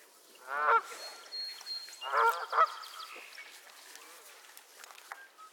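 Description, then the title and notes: Goose: geese giving two short bursts of harsh honking, followed by quieter background sounds. Squabbling geese at Miner's Marsh, Annapolis Valley, Nova Scotia. "Theraphonia - Geese at Miner's Marsh. Geese squabbles at Miner's Marsh, Annapolis Valley, Nova Scotia"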